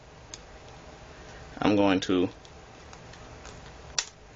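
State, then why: Released. During a glass replacement on a Samsung Galaxy Note II, someone presses down on the phone body while pulling a plastic bezel/housing piece away from the smartphone frame. Someone talks briefly, then a sharp snap at 4.0 s marks the plastic bezel clip releasing as the piece comes free.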